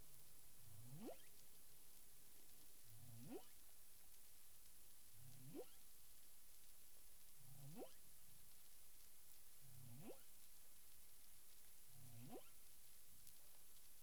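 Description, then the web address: Humpback whale calls: low grunts rising into sweeping upward whoops, six in a row about every two seconds, over steady underwater hiss. Caribbean; recorded 9 April 2002 at 18:30 UTC. "CARIMAM clean data humpback whale"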